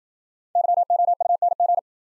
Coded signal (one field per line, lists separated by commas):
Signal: Morse code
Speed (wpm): 52 wpm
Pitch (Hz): 700 Hz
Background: none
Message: YOUNG